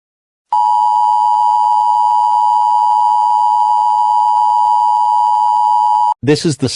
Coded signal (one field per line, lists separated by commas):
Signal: Emergency Alert System (SAME) tones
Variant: 853 and 960 Hz attention tone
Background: speech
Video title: EAS Scenario: Pup Academy